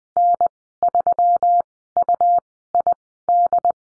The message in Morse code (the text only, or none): N3UID